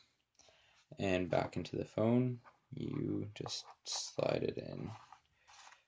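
A battery module is slid back into the bottom of an LG G5 smartphone's metal body while someone talks. Soft handling sounds come through, but nothing has seated or clicked yet.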